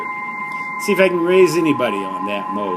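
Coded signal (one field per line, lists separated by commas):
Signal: PSK31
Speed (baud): 31.25 baud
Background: speech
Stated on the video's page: Amateur band watch, 20 and 17 metres, weak DX signals through noise amid poor conditions on 14 through 28 MHz.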